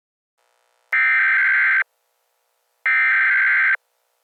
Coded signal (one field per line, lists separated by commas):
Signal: Emergency Alert System (SAME) tones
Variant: header bursts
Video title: EAS Scenario #15: The Great New York Blizzard